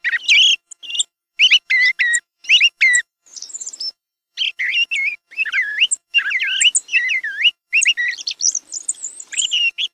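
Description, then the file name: Thrush singing varied phrases of clear whistled and twittering notes, with swoops rising and falling, separated by short pauses, in a quiet background. "TORDO VOC"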